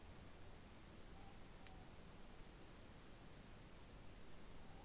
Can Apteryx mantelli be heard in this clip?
no